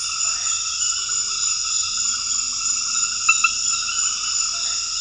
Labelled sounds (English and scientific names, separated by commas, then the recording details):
none
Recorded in dense forest near Puerto Asís, Putumayo, Colombia, on 9 March 2025 at 21:00
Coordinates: 0.484, -76.325
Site G045